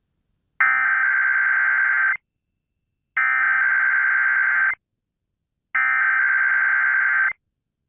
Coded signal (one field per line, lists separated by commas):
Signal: Emergency Alert System (SAME) tones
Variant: header bursts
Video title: If you fail try again in 14 hours . KDKA Required Weekly Test From September 27th 2021(EAS#380)